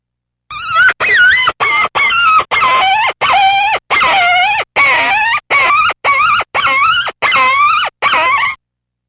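Fox making repeated whiny, yelping calls, about thirteen wavering bursts with brief silences between them, no other sounds.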